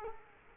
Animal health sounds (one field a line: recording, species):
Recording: mosquito wingbeat signal from an infrared sensor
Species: Culex quinquefasciatus